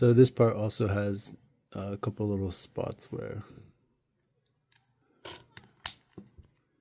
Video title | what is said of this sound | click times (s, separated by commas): Bergkaiser Premium Unboxing & Build｜ガンメタ×ゴールドの名機をじっくり開封＆組み立て！ | uh those just clip in. You can hear the click. | 4.7 s, 5.9 s